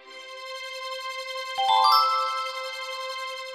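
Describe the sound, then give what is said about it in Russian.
A gentle, sustained chime rings steadily as a golden key turns in the keyhole of a small oak door and the door opens, brightened midway by a brief flurry of higher tinkling notes before settling back into a soft, even tone. No one speaks. “Раздался нежный звон, и дверца открылась.”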